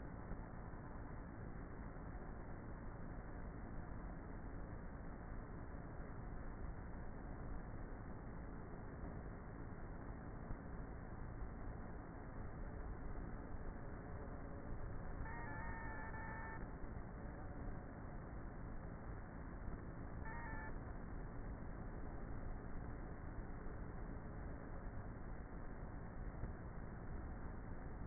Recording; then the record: honeybee colony, microphone inside the hive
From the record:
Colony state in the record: queenless with a low population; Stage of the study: before two queens were removed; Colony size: about 30,000 bees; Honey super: no